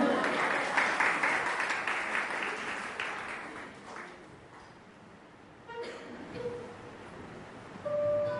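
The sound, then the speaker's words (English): A concert audience at a live fado concert at the Saligão Institute applauds with dense, steady clapping that gradually thins and fades out after about five seconds. Faint murmurs and a few stray sounds follow as it quiets. “We do one more clap for you all.”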